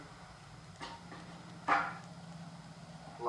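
An oil filter cartridge is lined up in the engine oil guard housing of a Ferris ISX2200, with soft handling knocks near 0.8 and 1.7 seconds over a low steady hum while someone talks. Nothing has seated or clicked yet.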